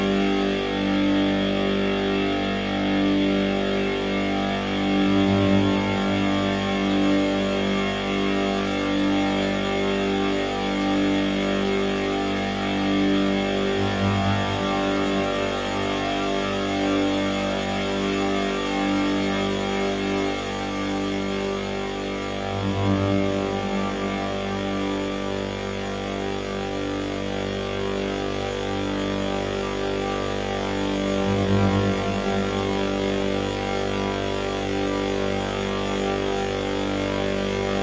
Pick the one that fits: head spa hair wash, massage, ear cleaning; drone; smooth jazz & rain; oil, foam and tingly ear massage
drone